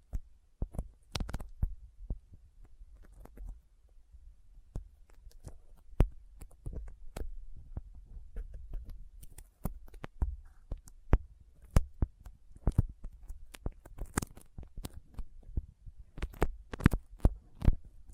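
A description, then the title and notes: Sticky fingers make sharp, irregular clicks and pops, sometimes in quick clusters, over a low, steady rumble that runs throughout. ASMR Intense Sticky Finger Sounds (No Talking).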